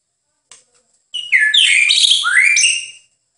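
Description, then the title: White-rumped shama voicing one rich, warbled phrase of mixed whistles and buzzy slurs that climbs and falls, preceded by a faint high note. "MURAI BATU"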